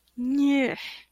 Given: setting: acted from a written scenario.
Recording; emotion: vocal sound without words; embarrassment